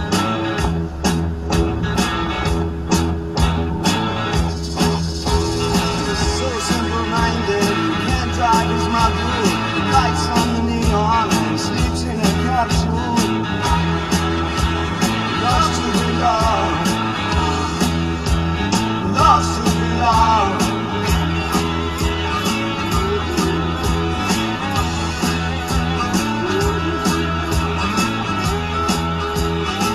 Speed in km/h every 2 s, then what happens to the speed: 27, 40, 52, 61, 69, 72, 74, 72, 71, 69, 64, 60, 53, 47, 35.
0-11 speeds up to 74. 11-30 slows to 35.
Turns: none.